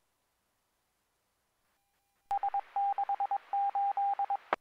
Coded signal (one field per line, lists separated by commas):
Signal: Morse code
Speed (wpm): 22 wpm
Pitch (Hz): 800 Hz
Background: none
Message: S68